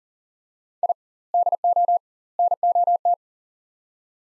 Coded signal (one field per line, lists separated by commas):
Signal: Morse code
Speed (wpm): 37 wpm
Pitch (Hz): 700 Hz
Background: none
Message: I DO NOT